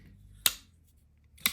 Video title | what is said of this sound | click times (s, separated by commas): Mods and thoughts on a couple | I'm locking in and you can hear it lock in this is like | 0.5 s